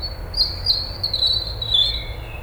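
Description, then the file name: European robin giving a thin, high, wavering warble sustained for about two seconds, with low background rumble. "Erithacus rubecula"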